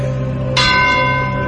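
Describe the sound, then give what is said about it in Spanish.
Church bells ring with a steady, humming resonance, and a fresh bright strike cuts in partway through, its metallic overtones lingering and slowly fading. No one speaks. “Fijaos que están sonando las campanadas ahora.”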